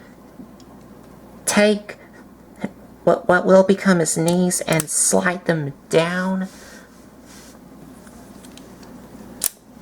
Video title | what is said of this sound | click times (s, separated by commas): Transformers Revenge Of The Fallen Voyager Class Starscream | until they click into place. | 9.5 s